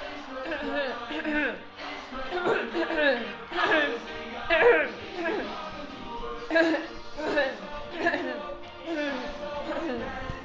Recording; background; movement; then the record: throat clearing; music; walking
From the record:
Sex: female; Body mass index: 18.3 kg/m2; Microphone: on the chest, facing outward